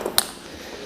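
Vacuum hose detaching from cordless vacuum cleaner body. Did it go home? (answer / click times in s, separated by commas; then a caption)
released / 0.2 s. The hose of a Flex VC6 MC 18.0 cordless vacuum cleaner is detached from the vacuum body using its clicking system. A single loud, sharp click sounds at 0.2 s, followed by a quieter, duller sound near 0.9 s. The hose is released.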